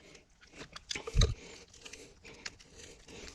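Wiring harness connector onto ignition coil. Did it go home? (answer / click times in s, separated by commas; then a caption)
yes / 1.2 s. The wiring harness plug is pushed onto the ignition coil of a Mini Countryman during a spark plug job, with its locking slider closing as it goes in. Soft scraping and small ticks lead to a sharp click at 1.2 s, and the connector is seated.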